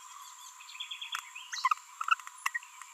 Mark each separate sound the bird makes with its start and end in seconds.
2.08-2.14, 2.46-2.48, 2.55-2.58